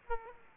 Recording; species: mosquito wingbeat signal from an infrared sensor; Aedes aegypti